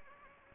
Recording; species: mosquito wingbeat signal from an infrared sensor; Anopheles gambiae